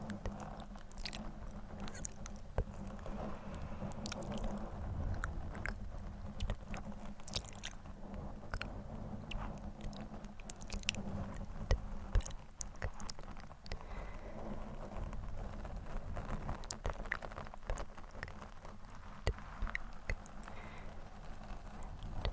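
Scratching on a microphone mixed with wet mouth sounds, clicking and smacking like chewing. Sharp, irregular clicks and scrapes come every second or so over a steady low rumble and hum that runs through all 22 seconds.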